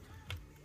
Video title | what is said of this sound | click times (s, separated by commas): 1940's Magee-Hale mechanical parking meter (really cool) | and make sure your screw is loose all the way and you can see it kind of come out and hear it click there you go | 0.3 s